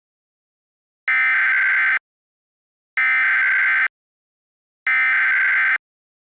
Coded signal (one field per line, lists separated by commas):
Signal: Emergency Alert System (SAME) tones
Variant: header bursts